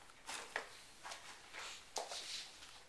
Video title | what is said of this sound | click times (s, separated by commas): Stanley-Mobile Go-Bag on Wheels | everything snaps back into place | 0.6 s, 2.0 s